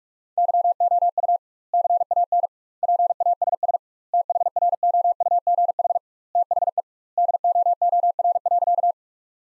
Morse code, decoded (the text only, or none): YOU CAN PASS THROUGH THE DOOR.